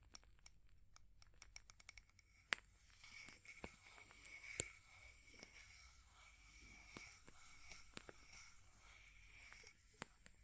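Fire crackling, with sharp pops and snaps scattered irregularly throughout, some clustered in quick bursts early on and a louder crack near 2.5 and 4.5 seconds. Between the pops runs a soft, hissing bed that thickens after the first two seconds, with a faint steady low hum underneath.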